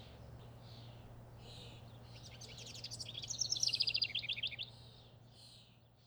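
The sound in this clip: House wren song, a fast bubbling burst of high chattering and trilled notes that grows louder to a peak then fades, over a steady low hum.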